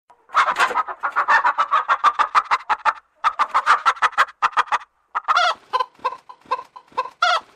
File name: funny chicken